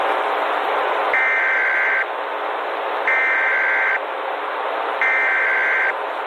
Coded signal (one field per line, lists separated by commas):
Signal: Emergency Alert System (SAME) tones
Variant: header bursts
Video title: EAS Scenario/Analog & Digital Horror - Red Giant Sun